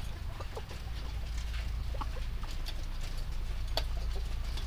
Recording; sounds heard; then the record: poultry house recording; sick chickens (respiratory disease)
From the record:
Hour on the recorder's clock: 21